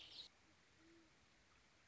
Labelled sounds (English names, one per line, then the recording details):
Great Horned Owl
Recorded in Sonoma County, California